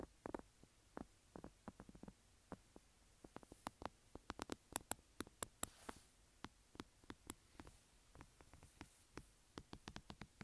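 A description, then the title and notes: Fingernails tap and scratch on a textured phone case in quick, irregular clicks spread across the whole stretch, some sharp and bright, others duller. The tapping clusters densely around the middle, with a few scraping sweeps near six seconds, over a quiet low hum. Tapping and Scratching Textured Phone Case.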